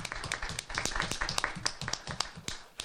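An audience breaks into applause, a dense, steady patter of many hands clapping at once with sharp, irregular claps standing out, sustained for a few seconds at moderate loudness.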